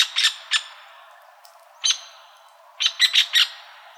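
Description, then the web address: Strickland's woodpecker giving short, sharp, high calls: a few near the start, one just before two seconds, then a quick cluster of four near the end. Arizona, 28 May 2006. "Woodpeckers AZFO STWO 052806. deviche"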